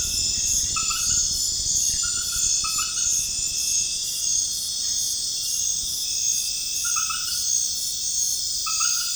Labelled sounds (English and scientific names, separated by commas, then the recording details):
none
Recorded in pastures near Puerto Asís, Putumayo, Colombia, on 29 June 2025 at 20:00
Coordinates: 0.466, -76.322
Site GP07